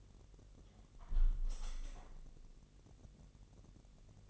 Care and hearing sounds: daily activity, microphone in the room; close window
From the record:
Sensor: 4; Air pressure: 1001.1 hPa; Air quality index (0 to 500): 246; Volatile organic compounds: 43 ppm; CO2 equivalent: 3200 ppm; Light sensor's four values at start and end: 9/20/8/7 and 9/19/8/7

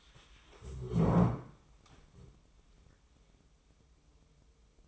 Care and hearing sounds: daily activity, microphone in the room; stand up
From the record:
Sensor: 1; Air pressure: 1005.1 hPa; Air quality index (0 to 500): 123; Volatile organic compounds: 5 ppm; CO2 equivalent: 1727 ppm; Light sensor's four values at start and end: 11/27/11/12 and 11/26/11/11

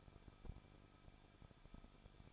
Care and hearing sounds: daily activity, microphone in the room; no activity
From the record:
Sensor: 5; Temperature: 20.8 degrees Celsius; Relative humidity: 38.2%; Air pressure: 1006.5 hPa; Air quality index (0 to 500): 187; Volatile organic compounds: 18 ppm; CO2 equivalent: 2624 ppm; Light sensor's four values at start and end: 2/3/1/1 and 2/3/1/1

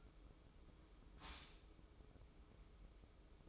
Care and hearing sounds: daily activity, microphone in the room; stop toaster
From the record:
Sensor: 1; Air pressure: 995.3 hPa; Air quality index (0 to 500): 25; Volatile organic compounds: 0 ppm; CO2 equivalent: 501 ppm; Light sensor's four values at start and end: 18/58/21/23 and 18/58/21/23

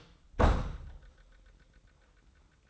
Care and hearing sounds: daily activity, microphone in the room; close door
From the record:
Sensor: 3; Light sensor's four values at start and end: 47/110/45/42 and 47/110/45/42

